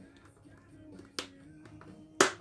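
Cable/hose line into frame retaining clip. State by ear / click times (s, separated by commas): seated / 2.2 s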